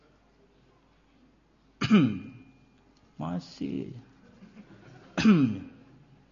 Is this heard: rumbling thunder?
no